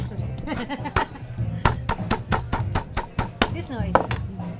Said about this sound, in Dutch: Er wordt nu met een fles op ijsblokjes geslagen. En die ijsblokjes hebben zich verstopt in een theedoek.